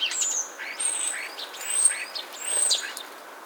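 Common starling giving thin, high pure whistles alternating with slurred, wheezy notes in a rambling phrase.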